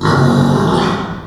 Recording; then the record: squeal of a Yucatan mini pig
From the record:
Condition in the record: after surgery on the right vocal fold (resection and tissue-engineered implant); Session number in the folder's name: 16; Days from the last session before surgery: 183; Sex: female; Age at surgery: 19 weeks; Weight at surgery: 25 kg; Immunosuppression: prednisolone